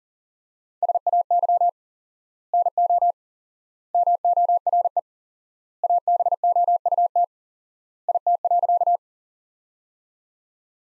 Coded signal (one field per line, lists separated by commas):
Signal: Morse code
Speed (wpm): 40 wpm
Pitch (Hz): 700 Hz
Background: none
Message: SAY NO MORE ABOUT IT.